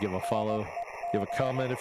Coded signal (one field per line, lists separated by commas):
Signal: Morse code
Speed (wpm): 18 wpm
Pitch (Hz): 690 Hz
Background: speech, radio noise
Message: NEG